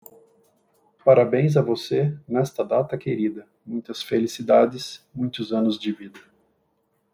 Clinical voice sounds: short text; Brazilian Portuguese; male; 40 to 49 years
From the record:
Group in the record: control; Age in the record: 46 years

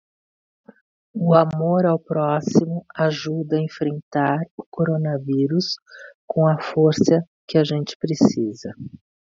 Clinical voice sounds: spoken sentence; Brazilian Portuguese; female; 50 to 59 years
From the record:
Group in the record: control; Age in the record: 57 years

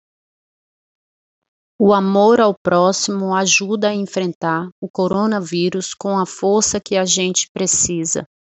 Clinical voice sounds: spoken sentence; Brazilian Portuguese; female; 30 to 39 years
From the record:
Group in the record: control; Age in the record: 39 years

